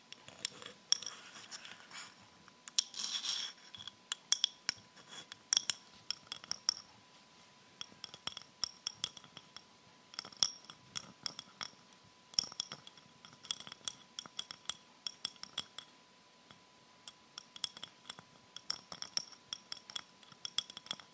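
Fingers tipped with rhinestones tap on a range of hard surfaces, making sharp, bright clicks and glassy clinks in quick, uneven bursts throughout. A denser scratchy rustle appears around three seconds, and a faint steady tone hums underneath the whole time.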